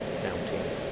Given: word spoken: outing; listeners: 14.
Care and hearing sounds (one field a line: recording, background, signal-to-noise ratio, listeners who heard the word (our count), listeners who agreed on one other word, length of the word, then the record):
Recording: one English word in noise, from a listening test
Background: speech-shaped noise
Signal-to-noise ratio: -6.2 dB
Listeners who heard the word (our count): 0 of 14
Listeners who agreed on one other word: 6 of 14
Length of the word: 0.52 s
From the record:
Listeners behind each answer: 6, 3, 3, 1, 1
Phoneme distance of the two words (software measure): 31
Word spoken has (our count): 2 syllables, 4 phonemes, stress on syllable 1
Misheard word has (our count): 2 syllables, 5 phonemes, stress on syllable 1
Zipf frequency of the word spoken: 3.41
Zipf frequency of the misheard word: 4.77